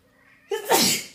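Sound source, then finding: Adult woman. Sneeze.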